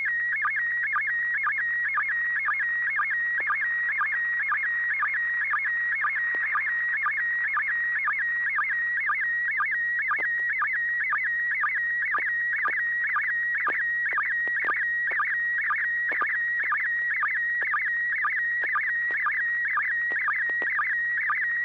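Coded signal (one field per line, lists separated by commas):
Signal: SSTV (slow-scan television)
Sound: steady high whistle broken by rapid warbling chirps about twice a second, with low hum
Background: low hum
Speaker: yep it's an ISS slow scan download and it started out really really clean um 40th anniversary of amateur radio on human space flight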